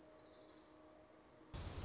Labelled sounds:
Orange-crowned Warbler (Leiothlypis celata)
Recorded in Sonoma County, California

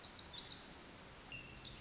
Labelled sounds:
Pacific Wren (Troglodytes pacificus)
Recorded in Sonoma County, California

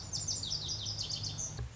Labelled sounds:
Lazuli Bunting (Passerina amoena)
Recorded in Sonoma County, California

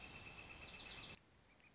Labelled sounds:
Northern Flicker (Colaptes auratus)
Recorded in Sonoma County, California

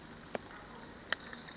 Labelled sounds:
Wilson's Warbler (Cardellina pusilla)
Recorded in Sonoma County, California

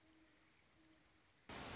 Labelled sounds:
Great Horned Owl (Bubo virginianus)
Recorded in Sonoma County, California

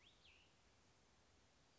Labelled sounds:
Cassin's Vireo (Vireo cassinii)
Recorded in Sonoma County, California

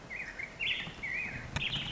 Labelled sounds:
Black-headed Grosbeak (Pheucticus melanocephalus)
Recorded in Sonoma County, California

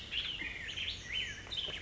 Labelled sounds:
Black-headed Grosbeak (Pheucticus melanocephalus)
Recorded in Sonoma County, California

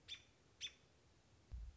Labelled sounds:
American Robin (Turdus migratorius)
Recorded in Sonoma County, California

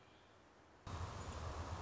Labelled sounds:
American Robin (Turdus migratorius)
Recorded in Sonoma County, California

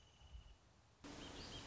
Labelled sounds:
Wrentit (Chamaea fasciata)
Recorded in Sonoma County, California

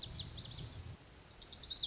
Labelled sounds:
Lazuli Bunting (Passerina amoena)
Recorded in Sonoma County, California

